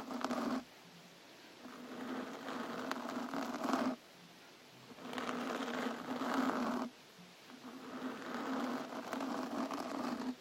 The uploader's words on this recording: ASMR Scratching Your Brain With CLAWS. Lots of scratching & hand movements.